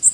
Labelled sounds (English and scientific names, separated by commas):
Louisiana Waterthrush (Parkesia motacilla) flight call